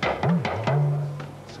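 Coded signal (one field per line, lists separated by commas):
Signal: talking drum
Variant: Yoruba dundun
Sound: about five quick drum strokes with a low pitch that bends up and down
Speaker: he can play and say something to me like you can call my name probably you say me a day listen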